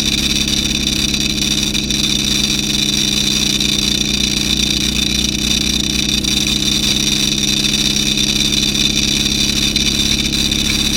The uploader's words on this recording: Film tins filled with objects including nails, tacks, ball bearings and other miscellaneous objects. The film tins were then equipped with piezo microphones plugged into amps then placed atop upward facing speakers. Field recordings, synth tones and feedback were then mixed into the speakers with the film tins on top. The output was then captured by the microphones and piezos mixed by the second mixer and recorded by the reel-to-reel.